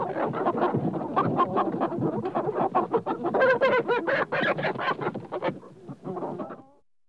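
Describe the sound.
Chicken clucks in a busy chattering series, short raspy notes tumbling quickly, then fading near the end.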